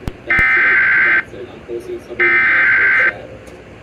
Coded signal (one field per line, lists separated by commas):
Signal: Emergency Alert System (SAME) tones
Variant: header bursts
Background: speech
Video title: WELCOME HOME. 3,000 ALERTS!!! || EAS Alerts from August 17, 2024 (EAS #2,959-3,006)